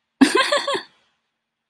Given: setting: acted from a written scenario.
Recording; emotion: vocal sound without words; amusement